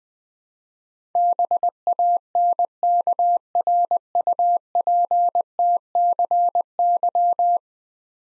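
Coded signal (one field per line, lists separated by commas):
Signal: Morse code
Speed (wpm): 20 wpm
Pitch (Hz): 700 Hz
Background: none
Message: BANKRUPTCY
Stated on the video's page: Head-copy drill of ten-letter words at 20 wpm; each word is sent, then spoken, then sent again.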